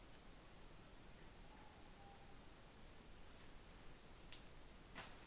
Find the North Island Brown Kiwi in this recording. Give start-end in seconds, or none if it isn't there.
none